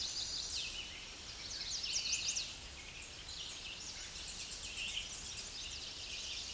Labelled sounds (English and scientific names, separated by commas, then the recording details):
Tennessee Warbler (Leiothlypis peregrina) song
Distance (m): 25 m
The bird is about 10 m above the microphone
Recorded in a Pennsylvania forest on 16 May 2024 at 07:54
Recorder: AudioMoth, point MSD-0383
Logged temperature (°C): 15.3 °C
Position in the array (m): 83 m, 226 m